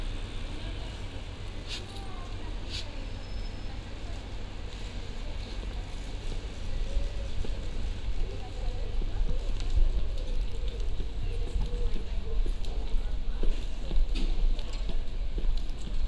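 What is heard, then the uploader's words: A walk along Queen's Lane and New College Lane, with a steady low rumble of traffic underneath throughout. Indistinct voices and scattered clicks and knocks come and go, and the sound grows gradually louder and busier over the sixteen seconds. Walking up Queen’s Lane and New College Lane. From High Street to Catte Street, on the left-hand side.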